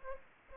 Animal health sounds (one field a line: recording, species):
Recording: mosquito wingbeat signal from an infrared sensor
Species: Aedes aegypti